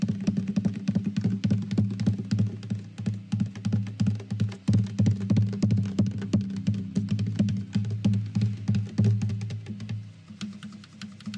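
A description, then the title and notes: Fast, irregular tapping on a guitar with a steady low hum beneath, the taps dense throughout and thinning slightly near the end. Fast tapping and stringing his guitar.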